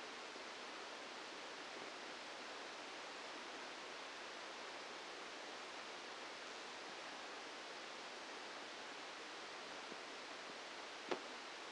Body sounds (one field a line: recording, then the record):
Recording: brain microelectrode recording played as sound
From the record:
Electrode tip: inside the subthalamic nucleus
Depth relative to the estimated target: 1 mm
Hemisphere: right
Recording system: NeuroSet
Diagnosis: Parkinson's disease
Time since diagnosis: 8 years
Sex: male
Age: 65 years